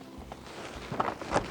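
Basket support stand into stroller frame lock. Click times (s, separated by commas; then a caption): 1.0 s. A basket support leg on a 2018 Nuna Demi Grow stroller is pulled by its fabric loop into the stroller frame lock. After a low background hum and a faint tap near 0.3 s, a sharp click lands at 1.0 s, followed by a few smaller ticks. The leg is locked in and seated.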